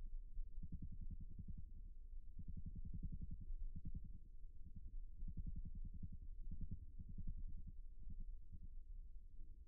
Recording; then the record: forearm muscle sounds (acoustic myography)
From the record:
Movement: rest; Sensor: system 1, eight BSWA MPA416 microphones around the upper forearm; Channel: 8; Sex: male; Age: 54 years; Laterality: right